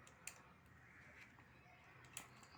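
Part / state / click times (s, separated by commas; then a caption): attachment into quick-release ring coupling on a grass cutter / not seated / none. A part of a grass cutting machine is handled at a quick-release ring-type coupling, with two brief sharp ticks near 0.3 s and 2.2 s over quiet background noise. The clip ends just before the part goes home, and nothing has seated or locked yet.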